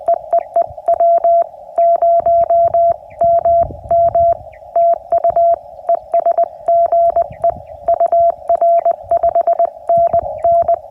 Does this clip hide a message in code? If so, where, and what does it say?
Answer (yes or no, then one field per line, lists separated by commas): yes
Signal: Morse code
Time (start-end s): 0.1-10.7 s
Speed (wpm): 20 wpm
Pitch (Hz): 680 Hz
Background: none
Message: EEE W0MM TU ES GE UR 5NN